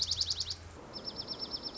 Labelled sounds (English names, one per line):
Dark-eyed Junco